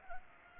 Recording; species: mosquito wingbeat signal from an infrared sensor; Culex pipiens